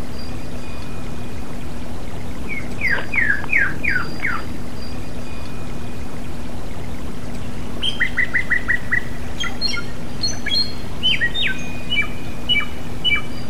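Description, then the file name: Samyong song: a burst of sweeping slurred notes, a short pause, then rows of quick repeated notes and sharp chattering chirps, over a steady low hum. Therapy sound recording of samyong song for cage birds. "suara terapi samyong omkicau"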